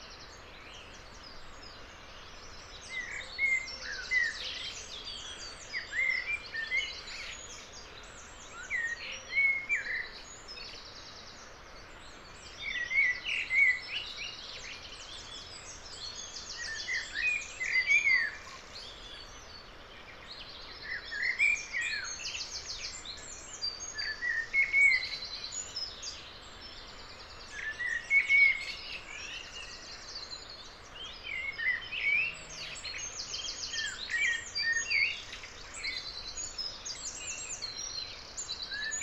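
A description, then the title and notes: Dawn birdsong rings out in bright, repeated phrases every few seconds over a steady hiss of flowing water filling the low end. Dawn birdsong in the leafy ravine. Far below the microphones, moorland water flows in a white noise sheen along the bottom of the precipitously steep wooded valley. Up here, tied to the stout trunk of a tree, growing out of the 45 degree slope, everything within the valley is audible. After daybreak segment of an overnight recording. In a steeply wooded ravine above Todbrook reservoir, on the Cheshire-Derbyshire border.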